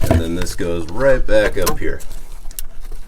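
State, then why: Seated. While a new Rubicon steel rear bumper is installed on a JL Wrangler, someone talks as the just-reconnected rear wiring harness's plastic retainer clip is pushed back up into its mount on the rear bumper area. Two quick plastic snaps follow at 2.5 s and 2.6 s, and the clip is seated.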